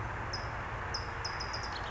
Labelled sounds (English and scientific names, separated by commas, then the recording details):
California Towhee (Melozone crissalis)
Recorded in Sonoma County, California